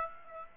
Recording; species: mosquito wingbeat signal from an infrared sensor; Aedes aegypti